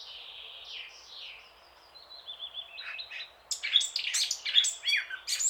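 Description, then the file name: Eurasian blackcap song beginning with soft, drawn-out fluty notes, building into a louder, quick jumble of sharp warbled notes in the final seconds. "Sylvia atricapilla"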